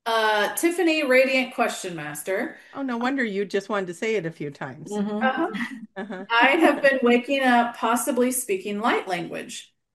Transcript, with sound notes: Tiffany Radiant Question Master-
Oh, no wonder you just wanted to say it a few times.
Mm-hmm.
Uh-huh.
Uh-huh. (laughs)
I have been waking up possibly speaking light language.